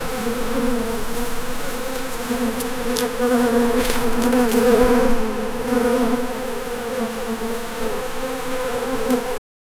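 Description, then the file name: Bees buzzing in a continuous low droning hum with a steady wavering tone and occasional faint clicks, ending abruptly. "honey and bees"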